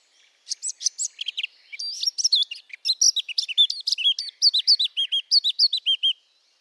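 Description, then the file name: Eurasian blackcap song: a rapid scratchy warble breaking into loud, clear fluted phrases, ending in repeated whistled notes at a steady pace. "Sylvia atricapilla"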